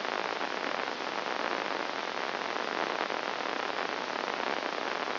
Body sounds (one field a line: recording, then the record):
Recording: brain microelectrode recording played as sound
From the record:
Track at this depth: outside the subthalamic nucleus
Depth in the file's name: 0.308 mm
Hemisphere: left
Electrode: 2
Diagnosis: Parkinson's disease